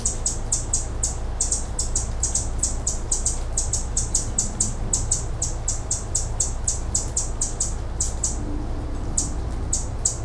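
Hummingbird chirps: very high, sharp notes repeated rapidly, several per second, over a constant low droning hum.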